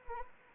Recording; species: mosquito wingbeat signal from an infrared sensor; Anopheles arabiensis